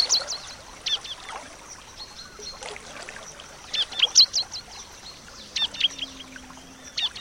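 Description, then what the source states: Bar-winged prinia song: crisp, high, clicking chirps in short rapid groups, pausing between groups. Nature-therapy sound for a ciblek that has stopped singing (macet).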